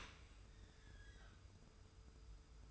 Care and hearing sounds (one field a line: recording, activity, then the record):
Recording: daily activity, microphone in the room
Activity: open dishwasher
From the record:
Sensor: 2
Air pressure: 991.2 hPa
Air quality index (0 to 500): 145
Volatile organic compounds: 325 ppm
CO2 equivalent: 4534 ppm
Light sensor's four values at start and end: 41/118/47/45 and 41/118/47/45